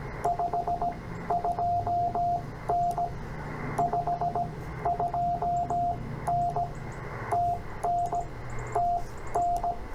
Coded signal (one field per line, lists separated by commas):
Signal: Morse code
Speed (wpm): 18 wpm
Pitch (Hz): 700 Hz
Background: radio noise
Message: 52N 52N TN TN